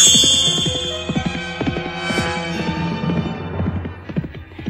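Horse hooves clip-clop in a steady, even rhythm of sharp knocks over a sustained low tonal drone, with no voices.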